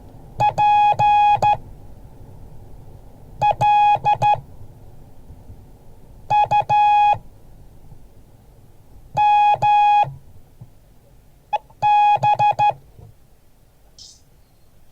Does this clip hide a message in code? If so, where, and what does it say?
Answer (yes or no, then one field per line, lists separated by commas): yes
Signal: Morse code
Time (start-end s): 0.4-12.7 s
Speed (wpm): 13 wpm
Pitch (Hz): 830 Hz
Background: none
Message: PLUMB